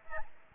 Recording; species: mosquito wingbeat signal from an infrared sensor; Aedes albopictus